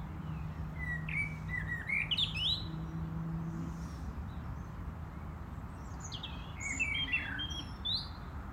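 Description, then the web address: European robin singing thin, high warbling phrases in two bursts, with a low hum underneath in the first half. "rotkehlchen"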